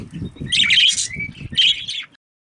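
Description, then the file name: Budgerigar giving raspy, buzzy chirps, a loud burst then a short whistle and a second scratchy burst, with low rumble beneath. Female budgerigar. "suara parkit betina. omkicau"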